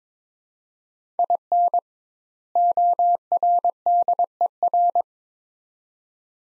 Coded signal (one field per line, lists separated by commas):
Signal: Morse code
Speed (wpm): 22 wpm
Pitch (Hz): 700 Hz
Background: none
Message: IN ORDER